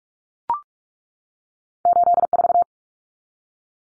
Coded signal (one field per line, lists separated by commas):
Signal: Morse code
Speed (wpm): 44 wpm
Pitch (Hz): 700 Hz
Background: none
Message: 84